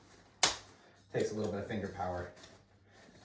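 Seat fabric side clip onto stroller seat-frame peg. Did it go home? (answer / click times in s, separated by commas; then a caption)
yes / 0.4 s. A plastic side clip on the seat fabric of an Ergobaby Metro+ stroller is pressed onto its matching peg on the seat-frame arm, where there are two pegs on either arm. It snaps into place with one sharp click at 0.4 s, taking some finger power to seat. Then someone talks.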